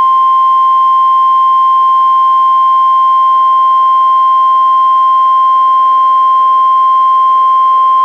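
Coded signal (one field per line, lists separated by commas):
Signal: Emergency Alert System (SAME) tones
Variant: 1050 Hz attention tone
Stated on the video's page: Three NOAA Weather Radio Required Weekly Tests from NWS Portland, relayed by an NWR station, recorded directly from a Reecom R-1630 weather radio into a Zoom H1 recorder.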